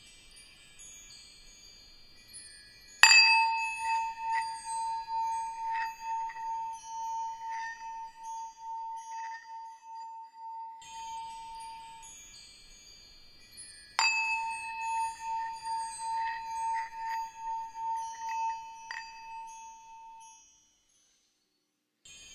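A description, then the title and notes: Bells and chimes ring out in two separate strikes, one around three seconds and another near fourteen seconds. Each starts with a bright, sharp hit, then a clear mid-pitched tone holds and slowly fades. Smaller shimmering chime tinkles scatter through the ringing, and the end falls silent. Calming bells and chimes.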